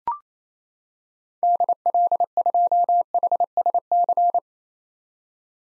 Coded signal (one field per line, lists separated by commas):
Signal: Morse code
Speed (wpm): 27 wpm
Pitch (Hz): 700 Hz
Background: none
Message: DL2HSC